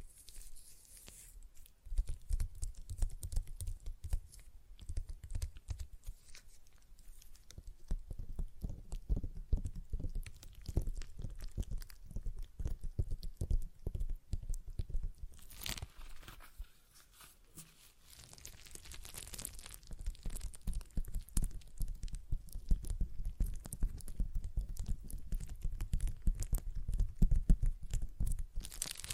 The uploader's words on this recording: ASMR Relaxing Stress Ball Sounds (No Talking).